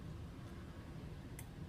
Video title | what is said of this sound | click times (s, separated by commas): How to oil trumpet or euphonium valves | and you'll notice that it locks into place you can't turn it anymore now | 1.4 s